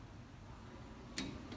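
A click-type torque wrench tightens the second brake caliper bolt on a 2006–2012 Ford Fusion front brake job to 19 ft-lb. After low background noise, a single sharp click sounds at 1.2 s, confirming the bolt has reached its torque setting.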